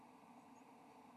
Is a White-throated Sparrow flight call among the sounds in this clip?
no